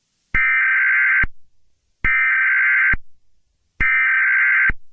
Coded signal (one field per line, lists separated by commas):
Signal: Emergency Alert System (SAME) tones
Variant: header bursts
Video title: Within the Mist 2 | An EAS Scenario